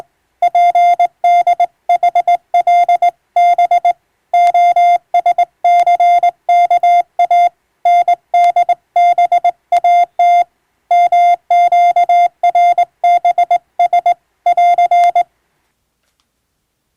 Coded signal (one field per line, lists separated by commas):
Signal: Morse code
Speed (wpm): 21 wpm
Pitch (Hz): 700 Hz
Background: none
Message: PDHL B OSCKA NDBAT MQRBS <AR>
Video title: 【モールス無線通信士】懐かしいモールス通信、昭和はラジオでよく聞こえました。船と陸との唯一の通信手段、大変重要な無線通信でした。ハムの受信トレーニングにどうぞ morse code practice